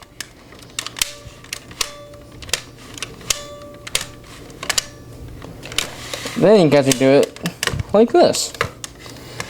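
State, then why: Seated. The adjustable plastic handle on a Canon E50 8mm video tape camcorder body is moved through its positions, giving a sharp click each time it locks into a detent at 1.0, 1.8, 2.5, 3.3, 4.0 and 4.8 seconds. Someone then talks, and the handle is seated in place.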